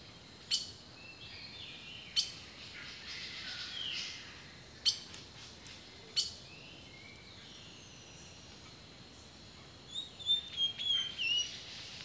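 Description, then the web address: Birds singing: a few sharp, high chip notes, then a run of bright whistled phrases near the end over a steady background hiss. Birdsong recorded in a rainforest, from a nature sounds collection. "The Natural Sounds of the Wilderness 10 CDs collection Echoes of Nature - Rainforest Birdsong"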